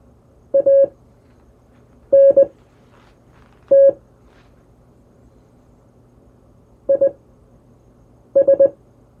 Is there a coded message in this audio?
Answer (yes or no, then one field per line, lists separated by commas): yes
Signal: Morse code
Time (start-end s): 0.5-8.7 s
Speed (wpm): 20 wpm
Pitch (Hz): 550 Hz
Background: none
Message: ANT IS